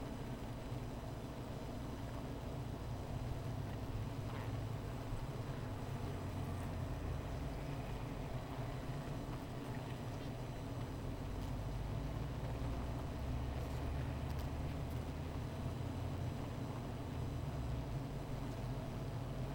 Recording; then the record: honeybee colony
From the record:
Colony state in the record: missing queen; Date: 14 July 2017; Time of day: 16:04